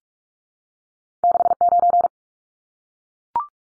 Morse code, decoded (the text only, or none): 69